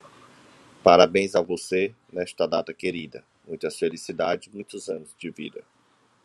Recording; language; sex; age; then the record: short text; Brazilian Portuguese; male; 30 to 39 years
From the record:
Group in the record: control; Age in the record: 37 years